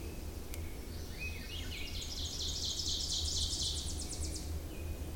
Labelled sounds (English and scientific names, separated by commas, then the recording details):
Ovenbird (Seiurus aurocapilla) song
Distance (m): 60 m
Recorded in boreal forest in Alberta, Canada, on 26 May 2016 at 07:57
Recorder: SongMeter 3, array SBT-3-15
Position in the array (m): 59 m, 220 m
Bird 20